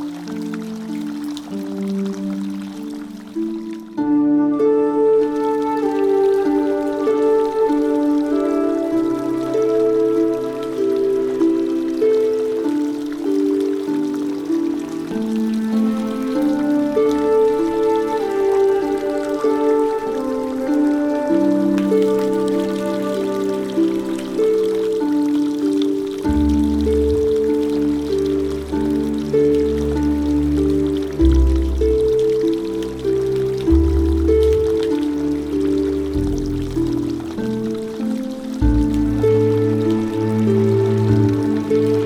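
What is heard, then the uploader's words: Gentle traditional Chinese-style music with plucked melodic lines over a soft trickle of water, deepening into a low bass after about 26 seconds. Relaxing music track in a traditional Chinese style, set against the sounds of gentle water.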